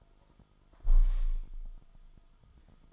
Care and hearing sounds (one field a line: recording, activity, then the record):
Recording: daily activity, microphone in the room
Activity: close window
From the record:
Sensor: 5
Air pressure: 1004.7 hPa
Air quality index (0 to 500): 83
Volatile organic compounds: 2 ppm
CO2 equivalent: 999 ppm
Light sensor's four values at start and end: 34/79/32/31 and 34/79/32/31